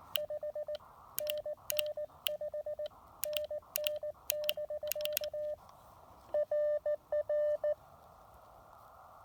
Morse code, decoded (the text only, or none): 5NN 5NN <BK> RR